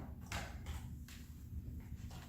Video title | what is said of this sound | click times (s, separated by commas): How To Assemble Comodita Tipo Classic Rolling Walker ? | not concern here a little clicking sound and then | 0.3 s